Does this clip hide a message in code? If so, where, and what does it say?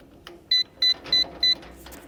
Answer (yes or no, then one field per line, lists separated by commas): no